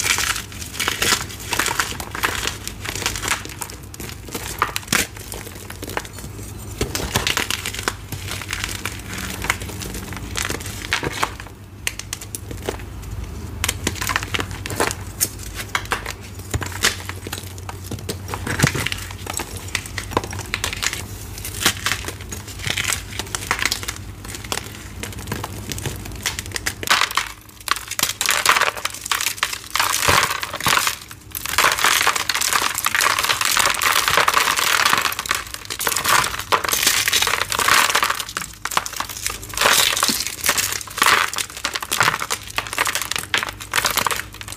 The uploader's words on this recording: EVERY Citric Acid Dyed Gym Chalk Crush I've Done So Far! Satisfying crunchy sounds of gym chalk blocks being crushed by attractive hands.